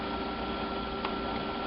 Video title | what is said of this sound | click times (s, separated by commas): Shinnorie Custom Leather Flipcase - Video Unboxing & Review | it's kind of snaps into place there | 1.0 s